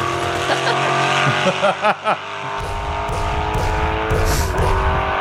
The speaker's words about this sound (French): Mais qu'est-ce qui se passe il y a dans les voitures hein, ils sont tous à fond hein, ils sont voilà. On essaye d'éviter les balles.